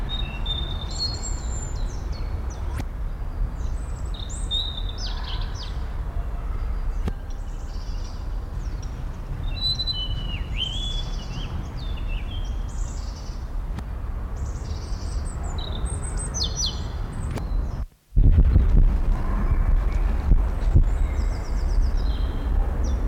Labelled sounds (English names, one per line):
European Robin